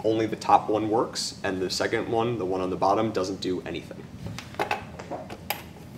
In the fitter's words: so we heard that nice little click and it's all set